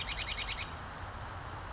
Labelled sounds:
California Towhee
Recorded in Sonoma County, California

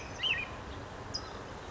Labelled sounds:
California Towhee
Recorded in Sonoma County, California

